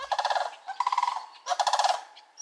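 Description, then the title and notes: Sandhill crane calls: three rolling, rattling bugles in quick succession, each a burst of rapid pulses. "a Sandhill Crane chick hatched in Maine"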